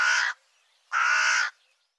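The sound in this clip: Bird calls: the tail of one harsh caw, then a second full buzzy caw about half a second long, with silence around them.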